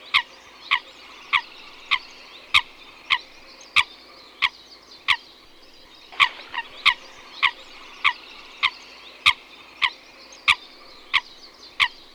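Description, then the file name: Eurasian coot giving sharp, clipped single calls, repeated many times at a fairly even pace, with a brief cluster of extra notes midway over quiet background. "lyska"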